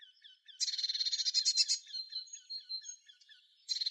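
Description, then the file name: Eurasian blue tit churring call, a dense buzzy burst followed by soft repeated falling ticks, then another scolding burst at the end. "Cyanistes caeruleus"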